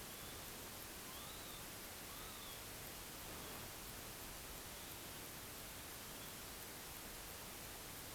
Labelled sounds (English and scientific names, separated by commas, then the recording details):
Northern Lapwing (Vanellus vanellus)
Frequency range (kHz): Northern Lapwing (Vanellus vanellus) 0.6-4.8 kHz
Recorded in France